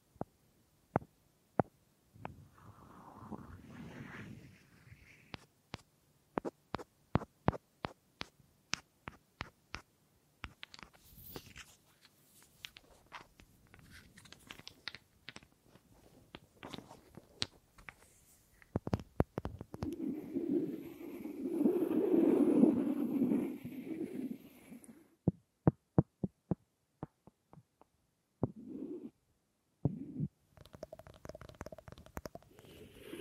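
Wooden objects being tapped and handled, with sharp clicks and knocks scattered irregularly, sometimes in quick bursts. Between about 19 and 25 seconds a denser, lower rubbing or scraping sound swells, then the sparse taps return with short scuffing sounds near the end.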